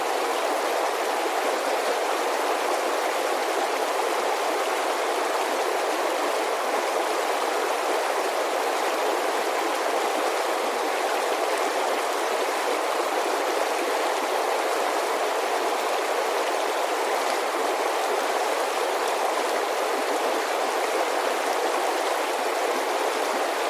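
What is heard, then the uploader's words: An alpine creek rushes steadily over rocks, a dense, unbroken wash of water with no pauses or distinct events. The sound is bright and hissing, with almost nothing in the low end and no other sounds intruding. Water Sounds Alpine Creek.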